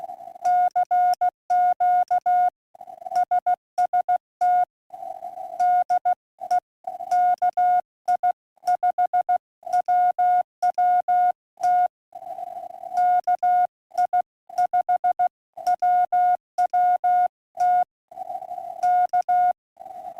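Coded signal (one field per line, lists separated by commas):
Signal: Morse code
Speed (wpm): 16 wpm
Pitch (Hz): 720 Hz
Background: none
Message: CQ SST DE KI5WWT KI5WWT K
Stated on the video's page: Slow speed Morse test transmission.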